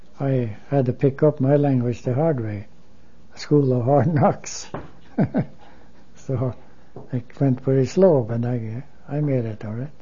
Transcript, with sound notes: I had to pick up my language the hard way, the school of hard knocks. (he laughs) So it went very slow, but I made it all right.